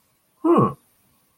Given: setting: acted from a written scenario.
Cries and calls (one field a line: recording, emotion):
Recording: vocal sound without words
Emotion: interest